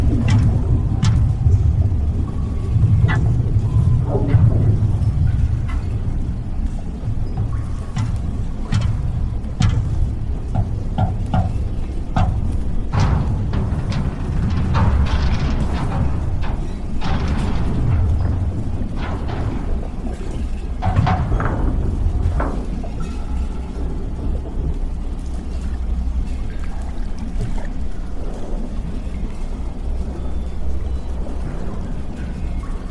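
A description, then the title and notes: A damaged underwater lab hums with a deep, steady rumble that fills the low end throughout. Over it come frequent metallic creaks, knocks and short hisses, densest between about 13 and 22 seconds, with occasional drips and groans trailing off afterward. Warning!! you are in the damaged underwater lab. Sci-fi ambience.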